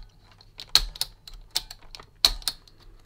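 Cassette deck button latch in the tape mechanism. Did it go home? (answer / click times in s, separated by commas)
yes / 0.8 s, 2.2 s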